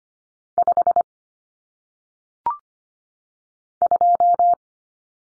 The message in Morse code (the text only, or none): 5 2